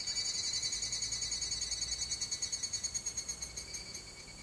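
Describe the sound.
Higurashi cicada song, a high metallic pulsing trill, starting strong and gradually fading toward the end.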